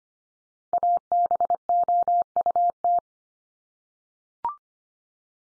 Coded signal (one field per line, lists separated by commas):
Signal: Morse code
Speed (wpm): 25 wpm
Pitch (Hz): 700 Hz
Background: none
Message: ABOUT